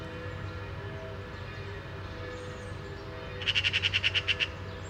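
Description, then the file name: Eurasian magpie giving a short harsh rattling chatter of about ten rapid chacks near the end, over a steady low rumble. "Pica pica"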